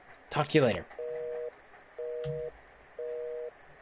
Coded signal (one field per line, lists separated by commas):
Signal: telephone call progress tone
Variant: North America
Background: speech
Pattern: busy tone